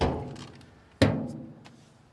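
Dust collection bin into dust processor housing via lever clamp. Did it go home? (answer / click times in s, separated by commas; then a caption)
yes / 1.0 s. A locking lever on a Harvey G700 dust processor is pushed down, clamping the dust collection bin up into the processor housing. After a fading sound at the start and a couple of faint ticks, a single loud thunk at 1.0 s marks the bin seating and locked in place, followed by a short decay and a soft tick near 1.7 s.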